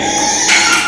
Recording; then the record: squeal of a Yucatan mini pig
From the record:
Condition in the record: before surgery on the right vocal fold (resection and tissue-engineered implant); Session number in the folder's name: 2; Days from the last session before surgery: 0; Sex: male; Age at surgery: 12 weeks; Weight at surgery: 13 kg